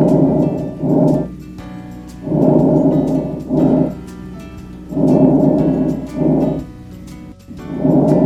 Vesicular lung sounds, which are characterized with a longer inspiratory time and a shorter expiratory time, estimated to be approximately 3 to 1. Notice again the sound is hollow. This is heard over the main channels of the lungs and is not so much at the bases.